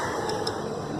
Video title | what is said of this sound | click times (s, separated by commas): TVS KING OLD TYPE MANUAL BRAKE PAD CHANGE | அந்த lock ஆகிடுச்சு. | 0.5 s